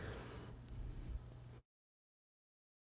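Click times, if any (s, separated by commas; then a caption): none. The plastic keyboard cover plate of a Toshiba laptop is handled and pressed toward its clips in the case during reassembly after a power jack fix. Low handling rumble is heard, with two brief sharp ticks near 0.7 s, before the sound cuts to silence at about 1.6 s. Nothing has seated or clicked into place yet.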